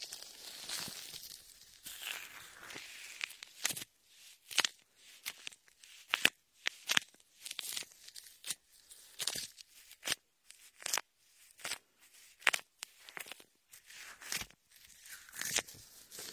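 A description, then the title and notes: Latex-gloved hands massage an ear with shaving foam, making wet, squishy crackles and sharp squeaky rubs. The sounds come in short bursts about once or twice a second, with brief silences between, and the first few seconds are a denser, continuous fizzing smear. Latex ear massage with shaving foam for comfort.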